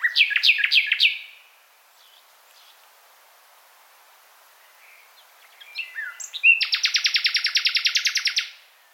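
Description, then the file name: Common nightingale song: a burst of loud repeated whistled notes, a quiet pause with soft notes, then a long, loud, rapid rattling trill. "Luscinia megarhynchos"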